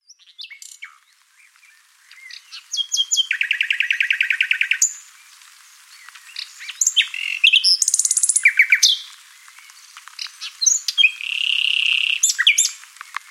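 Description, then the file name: Common nightingale song: a few opening notes, a long, rapid trill of identical notes, then varied chattering phrases and a sustained note, with short pauses between. "Luscinia megarhynchos"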